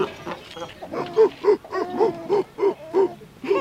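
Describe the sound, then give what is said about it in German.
Seals bark in a quick series of short, hoarse honks, about eight or nine in a row at a fairly steady rhythm, loud and mid-pitched, with no talking over them. “Na ja, das sind die Robben oder Seehunde, nicht?”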